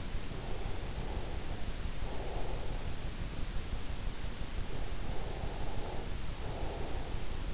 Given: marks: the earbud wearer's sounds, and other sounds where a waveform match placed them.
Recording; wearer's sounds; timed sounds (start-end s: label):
sounds in sleep by an in-ear microphone; breath
0.27-3.19 s: breath
4.45-7.53 s: breath